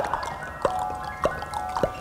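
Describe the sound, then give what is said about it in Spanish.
Several small watery plops and splashes, about four of them, landing roughly every half second over a faint steady hum, with no one talking, as frogmen go into the sea. “¡Hombres ranas al agua!”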